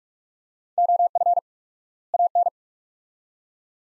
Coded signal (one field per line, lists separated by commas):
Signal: Morse code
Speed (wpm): 46 wpm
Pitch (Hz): 700 Hz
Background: none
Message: OF AN